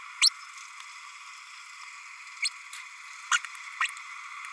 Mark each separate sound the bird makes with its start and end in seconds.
0.21-0.29, 2.42-2.48, 3.31-3.38, 3.80-3.88